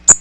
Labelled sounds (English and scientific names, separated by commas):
Magnolia Warbler (Setophaga magnolia) flight call